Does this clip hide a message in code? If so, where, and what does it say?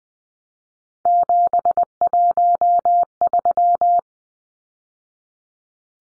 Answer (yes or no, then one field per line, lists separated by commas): yes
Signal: Morse code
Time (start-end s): 1.1-4.0 s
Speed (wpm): 20 wpm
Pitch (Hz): 700 Hz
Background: none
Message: 713